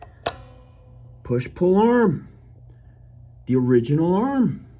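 The original push-in tremolo arm for a Made-in-Japan Ibanez RG guitar is handled at its socket on the guitar's metal tremolo bridge, with a brief sharp tick near the start. Someone talks through the rest of the clip. Nothing has seated or clicked yet; the clip ends just before the arm goes home.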